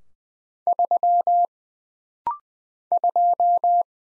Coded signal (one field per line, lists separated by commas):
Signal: Morse code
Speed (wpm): 20 wpm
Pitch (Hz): 700 Hz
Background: none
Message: 3 2